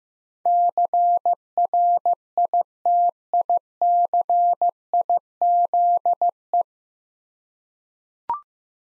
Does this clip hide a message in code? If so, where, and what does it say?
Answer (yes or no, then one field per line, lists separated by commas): yes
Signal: Morse code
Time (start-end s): 0.5-6.6 s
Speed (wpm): 15 wpm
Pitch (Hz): 700 Hz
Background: none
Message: CRITICIZE